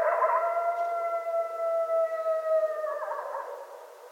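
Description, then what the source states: Coyote howling: a long, steady, even-pitched tone held about three seconds, breaking into a wavering, yodelling warble as it fades. Coyotes, plural, recorded 25 January 2013.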